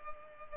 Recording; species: mosquito wingbeat signal from an infrared sensor; Culex pipiens